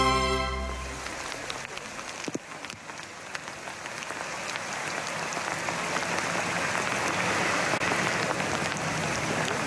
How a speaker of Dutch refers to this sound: Het geluid van hagel op het water van de Brouwerskolk in Overveen.